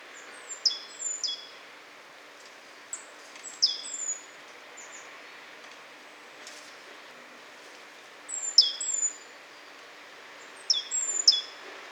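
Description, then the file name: Great tit calls: high, thin, falling notes given in small groups. Bursts come irregularly, several seconds apart, over a low background hiss. "Parus major"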